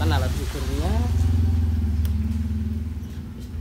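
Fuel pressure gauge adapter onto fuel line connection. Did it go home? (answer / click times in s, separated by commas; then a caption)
partly / 2.1 s. Someone talks over a steady low hum while a fuel pressure gauge adapter is pushed onto a fuel line connection, deliberately not all the way, because it does not need to go as far as the full click. A short, sharp tick is heard at 2.1 s. The coupling ends up only partly seated, without a full click.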